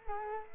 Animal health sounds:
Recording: mosquito wingbeat signal from an infrared sensor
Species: Culex quinquefasciatus

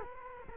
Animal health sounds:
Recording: mosquito wingbeat signal from an infrared sensor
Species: Culex quinquefasciatus

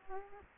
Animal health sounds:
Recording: mosquito wingbeat signal from an infrared sensor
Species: Aedes aegypti

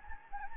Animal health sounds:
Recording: mosquito wingbeat signal from an infrared sensor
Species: Anopheles gambiae

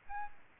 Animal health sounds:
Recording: mosquito wingbeat signal from an infrared sensor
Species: Aedes albopictus

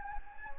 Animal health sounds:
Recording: mosquito wingbeat signal from an infrared sensor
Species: Anopheles gambiae

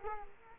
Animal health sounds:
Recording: mosquito wingbeat signal from an infrared sensor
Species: Culex quinquefasciatus

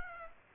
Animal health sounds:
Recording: mosquito wingbeat signal from an infrared sensor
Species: Aedes aegypti

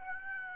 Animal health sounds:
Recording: mosquito wingbeat signal from an infrared sensor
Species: Aedes aegypti

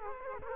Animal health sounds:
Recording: mosquito wingbeat signal from an infrared sensor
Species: Culex quinquefasciatus

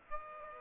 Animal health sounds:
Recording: mosquito wingbeat signal from an infrared sensor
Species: Aedes aegypti

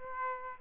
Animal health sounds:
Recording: mosquito wingbeat signal from an infrared sensor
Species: Aedes aegypti

